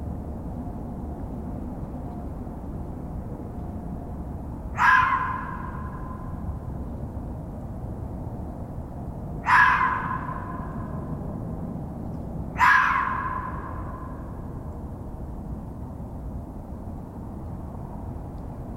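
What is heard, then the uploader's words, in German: Three short, sharp calls, possibly fox barks, ring out at about 5, 9.5 and 12.5 seconds, each a mid-pitched bark with a brief fading tail. Underneath, a steady low rumble like far traffic runs through the whole recording. Frühlingserwachen mit Vogel, Fuchs & Co. Morgenrituale im Wald: Es brummt und summt, es raschelt und tiriliert.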